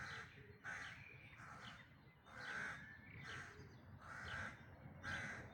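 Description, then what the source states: Bird uttering a series of several harsh caws. Dawn chorus recorded in May 2026.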